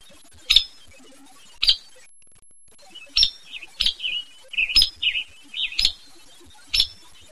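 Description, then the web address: Hairy woodpecker calls: several sharp, abrupt peek notes, mixed with softer, lower chirping notes in between. Northwest California. "nwcal HAWO"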